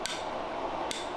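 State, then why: Seated. A cam lock fastener in a wooden panel of a Melissa and Doug Super Duper Donut and Taco Food Cart is lined up with the holes and turned, giving two short, sharp clicks at 0.1 s and 0.9 s over a steady background hiss. The fastener seats.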